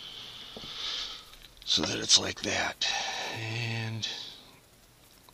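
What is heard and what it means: A felt throttle shaft seal is handled at its recess in the carburetor body of a Honda CB450/CB500T twin motorcycle, about to be pushed in. Someone talks throughout, with faint handling ticks near 1.5 s, 1.6 s and 5.3 s. The seal has not seated or clicked into place yet.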